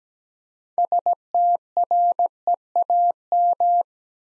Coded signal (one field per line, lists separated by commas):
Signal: Morse code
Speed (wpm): 17 wpm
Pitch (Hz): 700 Hz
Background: none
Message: STREAM